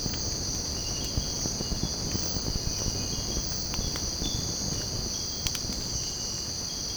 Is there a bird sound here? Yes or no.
no